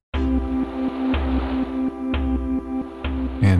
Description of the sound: The result is something called biomusic, pioneered by a colleague of Joe's at McGill University in Montreal. Sensors on the patient's body detect vital signs, and that makes the data into sound. Heart rate controls the tempo temperature determines the notes, and skin sweat drives the melody. Biomusic is being looked at as a way for nonverbal autistic children to express themselves. Here's a calm state of mind.